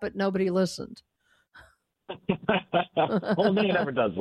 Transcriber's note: laughs